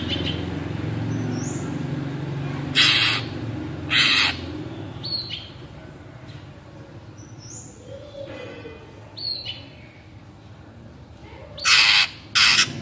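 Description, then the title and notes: Greater green leafbird giving scattered harsh squawks and short high whistles over a steady low rumbling background. Active singing bird with crest raised, in the ngentrok song style; recording made as a master track for training captive greater green leafbirds. "Cucak Ijo Gacor Ngentrok Jambul Nembak. suara burung cucak ijo gacor, merdu cocok buat masteran burung cucak ijo"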